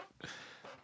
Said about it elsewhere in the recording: I really have to cough because I have, I think, an almond just lodged in my throat. Hacking and coughing.